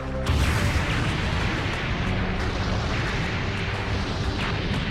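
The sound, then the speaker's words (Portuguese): A dense, continuous roar of explosions in the animated show Dragon Ball Super, with Jiren advancing through them, rumbles on for several seconds, with sharper blasts bursting through now and then over a heavy, low booming wash. No one speaks. “Ele está a avançar pelo meio daquelas explosões todas.”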